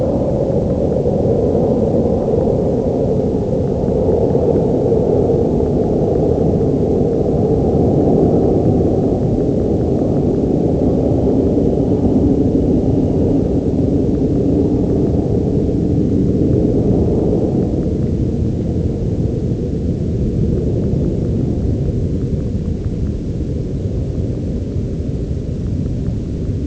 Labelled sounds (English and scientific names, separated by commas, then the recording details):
none
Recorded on Arctic tundra, site UTQI-0, on 11 June 2019
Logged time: 08:00